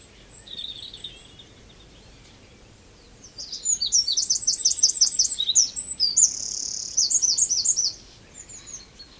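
Wren song: a few faint high notes, then a loud, very high, rapid run of sharp trilled notes with a sustained buzzy reel in the middle, lasting about five seconds.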